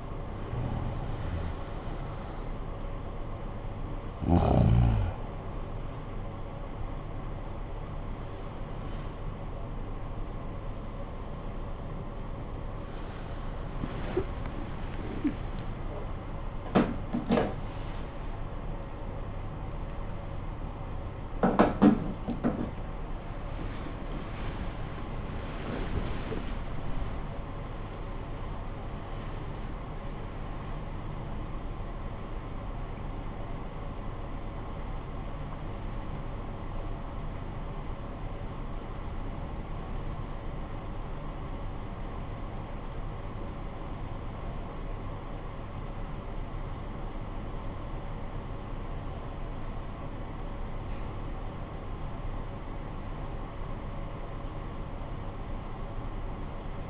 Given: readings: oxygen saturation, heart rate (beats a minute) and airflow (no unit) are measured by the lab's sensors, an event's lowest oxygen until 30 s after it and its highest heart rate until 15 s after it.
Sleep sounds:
a person awake in a sleep study, by a smartphone at the bedside; 1
14.00-44.00 s: new sleep stage, awake
18.00-47.00 s: awake
36.00-45.30 s: hypopnea (scored as awake, oxygen 98% highest, then 94% lowest, heart rate 89 at the start, 89 highest)
44.00-56.90 s: new sleep stage, N1 (lightest sleep)
From the record:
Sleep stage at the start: N1 (lightest sleep); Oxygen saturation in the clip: 92 to 98%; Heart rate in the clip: 53 to 100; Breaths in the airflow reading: 11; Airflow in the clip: -17.3 to 20.2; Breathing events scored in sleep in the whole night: 445 in 7.6 hours asleep

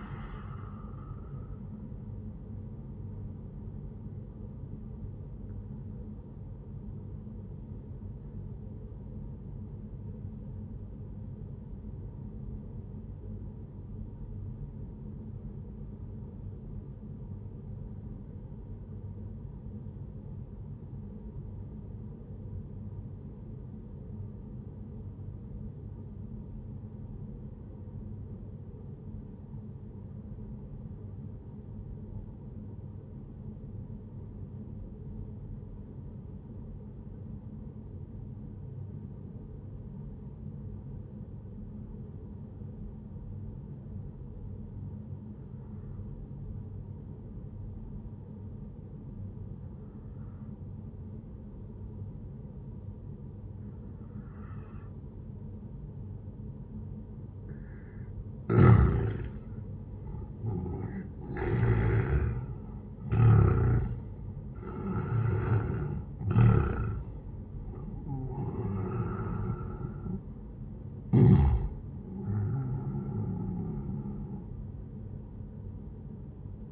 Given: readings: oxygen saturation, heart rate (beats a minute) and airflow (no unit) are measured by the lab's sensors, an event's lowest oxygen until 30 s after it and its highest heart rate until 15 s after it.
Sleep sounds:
breathing in sleep by a smartphone at the bedside; 1
1.00-76.72 s: new sleep stage, N1 (lightest sleep)
8.00-59.00 s: obstructive apnea (N1, oxygen 97% highest, then 89% lowest, heart rate 63 at the start, 79 highest)
From the record:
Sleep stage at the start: N2 (light sleep); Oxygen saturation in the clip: 88 to 97%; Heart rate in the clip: 60 to 79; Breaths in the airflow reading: 4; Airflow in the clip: -11.1 to 12.2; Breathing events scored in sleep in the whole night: 131 in 7.2 hours asleep

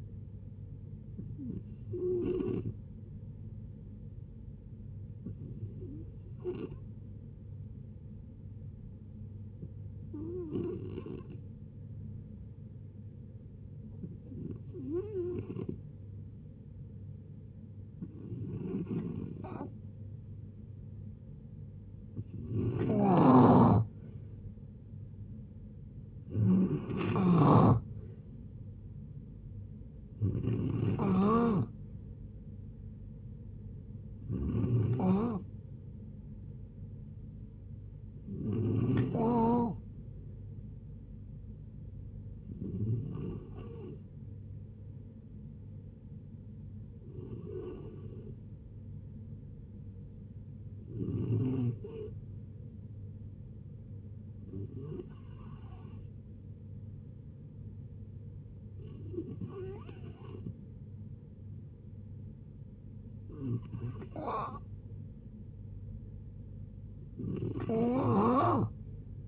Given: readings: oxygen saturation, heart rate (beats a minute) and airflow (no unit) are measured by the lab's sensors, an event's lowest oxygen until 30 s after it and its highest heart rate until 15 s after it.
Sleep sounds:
a person awake in a sleep study, by a smartphone at the bedside; none
0.00-69.28 s: awake
0.00-69.28 s: awake
From the record:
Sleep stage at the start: awake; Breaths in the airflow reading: 26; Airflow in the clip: -0.7 to 0.7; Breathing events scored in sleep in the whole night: 496 in 5.4 hours asleep

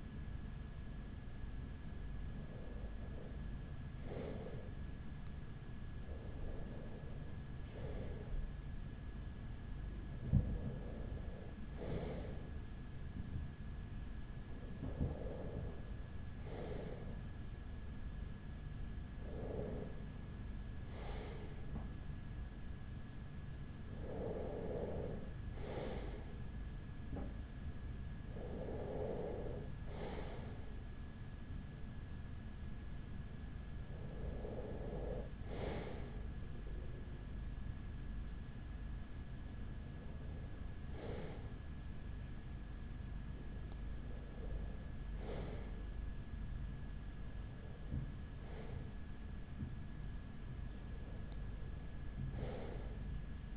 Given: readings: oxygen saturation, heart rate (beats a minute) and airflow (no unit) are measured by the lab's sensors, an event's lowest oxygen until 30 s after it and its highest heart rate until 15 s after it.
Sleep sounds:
breathing in sleep by a smartphone at the bedside; none
none scored
From the record:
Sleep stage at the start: REM sleep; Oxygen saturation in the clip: 94 to 95%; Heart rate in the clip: 38 to 44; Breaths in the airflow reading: 12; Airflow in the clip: -5.1 to 3.9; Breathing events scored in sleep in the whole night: 207 in 7.6 hours asleep

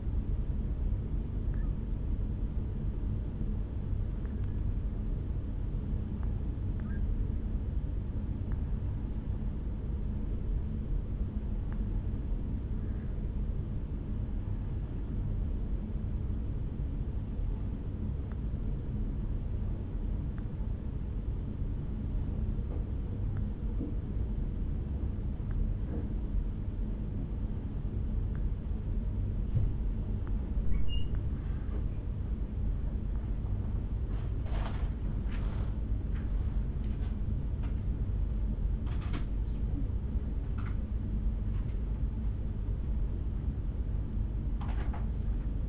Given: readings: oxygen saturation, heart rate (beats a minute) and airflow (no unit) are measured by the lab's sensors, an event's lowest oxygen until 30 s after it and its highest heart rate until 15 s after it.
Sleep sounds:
a person awake in a sleep study, by a smartphone at the bedside; 1
17.00-33.20 s: hypopnea (N1, oxygen 91% highest, then 90% lowest, heart rate 66 at the start, 67 highest)
21.00-45.69 s: new sleep stage, awake
24.00-45.69 s: awake
From the record:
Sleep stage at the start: N1 (lightest sleep); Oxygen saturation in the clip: 90 to 92%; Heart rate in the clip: 62 to 67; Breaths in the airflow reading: 17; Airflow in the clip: -6.0 to 5.2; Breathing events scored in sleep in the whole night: 449 in 7.0 hours asleep

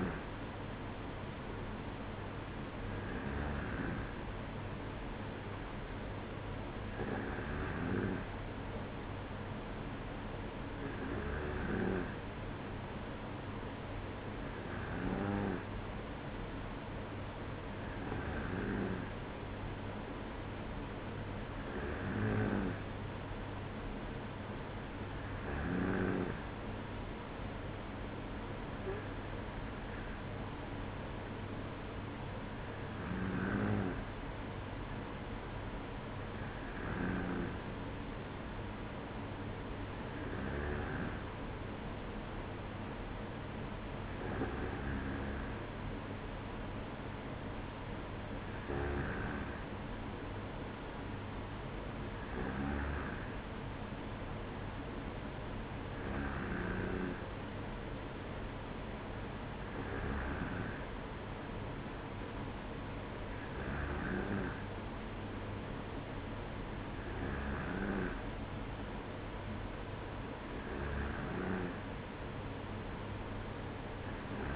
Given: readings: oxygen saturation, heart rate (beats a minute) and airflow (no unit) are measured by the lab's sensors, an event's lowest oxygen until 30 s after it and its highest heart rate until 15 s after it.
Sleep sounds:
breathing in sleep by a voice recorder at the bedside; none
none scored
From the record:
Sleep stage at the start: N2 (light sleep); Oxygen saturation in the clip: 94%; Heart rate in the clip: 55 to 57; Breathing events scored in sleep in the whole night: 305 in 9.6 hours asleep

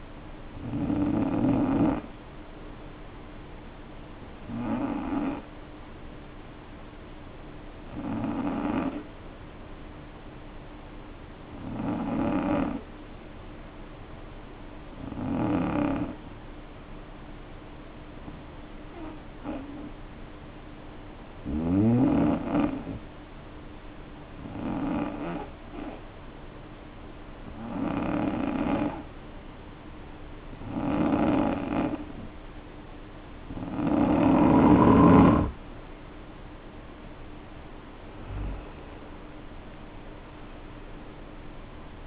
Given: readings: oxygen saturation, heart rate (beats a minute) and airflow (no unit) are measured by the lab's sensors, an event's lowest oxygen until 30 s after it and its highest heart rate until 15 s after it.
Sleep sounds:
breathing in sleep by a voice recorder at the bedside; 1
12.00-36.90 s: hypopnea (N2, oxygen 94% highest, then 88% lowest, heart rate 51 at the start, 62 highest)
From the record:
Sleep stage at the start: N2 (light sleep); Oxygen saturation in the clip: 85 to 94%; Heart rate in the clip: 51 to 61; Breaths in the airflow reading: 12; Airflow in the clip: -3.5 to 4.7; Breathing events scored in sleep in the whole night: 520 in 7.2 hours asleep

